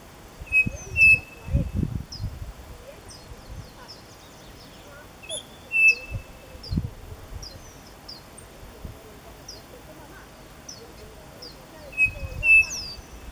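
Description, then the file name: Bird delivering flat whistled phrases three times, mixed with frequent high chirps and occasional low rumbling noises. "SABIOD 50 bird 2015"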